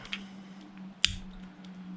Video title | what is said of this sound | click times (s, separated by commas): BRIGGS & STRATTON CARBURETOR CLEAN. (Easy and detailed) | and you'll feel it click and then you can you know just double check make sure it's all the way in there | 1.1 s